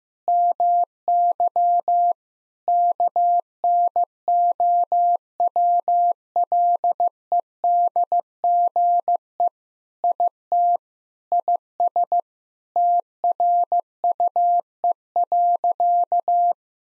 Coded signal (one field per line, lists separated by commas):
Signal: Morse code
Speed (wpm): 15 wpm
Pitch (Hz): 700 Hz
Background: none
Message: MY KNOWLEDGE IT IS TRUE.